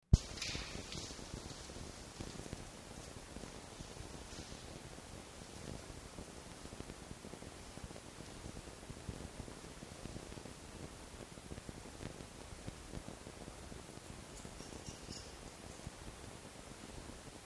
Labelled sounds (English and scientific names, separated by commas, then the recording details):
Red Fox (Vulpes vulpes)
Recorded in captivity
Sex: male
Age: adult
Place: Zoologisches Institut der HUB, Berlin, DE
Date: 1955-04-22 12:45
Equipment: Elmetra
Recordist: Tembrock, Günter
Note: Jupp (zu Zenzi ins Mittelzimmer gelassen): Muffen (ohne Fleisch)